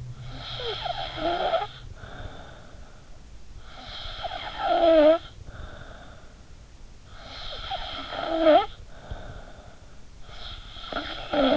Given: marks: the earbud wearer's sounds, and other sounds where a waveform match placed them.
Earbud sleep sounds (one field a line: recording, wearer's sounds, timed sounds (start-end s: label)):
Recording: sounds in sleep by an in-ear microphone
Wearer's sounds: snoring breath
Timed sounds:
0.00-9.91 s: snoring breath
9.99-11.57 s: snoring breath